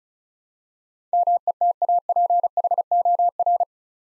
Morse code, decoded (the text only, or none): METAPHOR